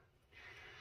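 A module is being pushed into an automotive diagnostic scan tool so it locks in before the tool is powered on for updating. There is a low steady rumble, and at about 0.3 s a brighter hiss rises and holds to the end. Nothing has seated or clicked yet.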